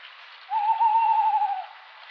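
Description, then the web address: Tawny owl making one long, slightly wavering hoot lasting about a second, against a steady hiss. "strix aluco call"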